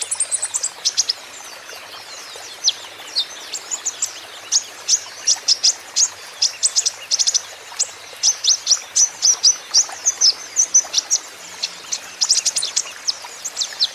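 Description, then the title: Van Hasselt's sunbird singing a rapid stream of high, piercing chirps and ticks, sparse at first and much busier from the middle on. Green-phase ('ijoan') caged kolibri ninja (konin) singing persistently ('gacor'); used as a lure and therapy to make other kept konin answer. "KOLIBRI NINJA KONIN IJOAN GACOR COCOK UNTUK PANCINGAN TERAPI KONIN BAHAN PASTI NYAUT"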